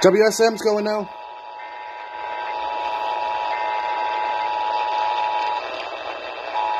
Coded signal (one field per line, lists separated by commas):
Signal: Emergency Alert System (SAME) tones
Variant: 853 and 960 Hz attention tone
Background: speech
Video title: Tennessee Statewide Monthly Tests On WSM-AM and WLAC-AM 10/5/2021 (EAS #978-979)